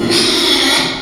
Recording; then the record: squeal of a Yucatan mini pig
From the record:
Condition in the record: after surgery on the right vocal fold (resection and tissue-engineered implant); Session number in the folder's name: 2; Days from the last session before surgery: 13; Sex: male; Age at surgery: 12 weeks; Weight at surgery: 13 kg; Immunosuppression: cyclosporine, prednisolone